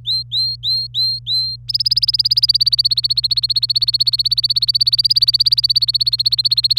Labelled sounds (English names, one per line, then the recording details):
Domestic Canary song
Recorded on 25 April 2018 at 17:45
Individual llb3